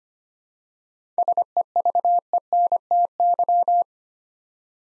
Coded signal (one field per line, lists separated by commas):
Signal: Morse code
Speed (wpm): 25 wpm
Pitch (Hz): 700 Hz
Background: none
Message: SEVENTY